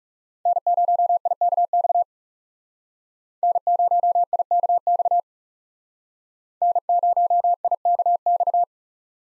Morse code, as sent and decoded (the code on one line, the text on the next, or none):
-. ----- .. -.- -..- / -. ----- .. -.- -..- / -. ----- .. -.- -..-
N0IKX N0IKX N0IKX